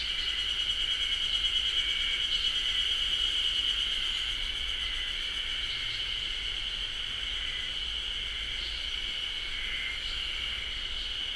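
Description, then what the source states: Ezo haru cicadas chorusing in a continuous high buzz. Chorus in a beech forest, Japan; recorded with a ZOOM H6.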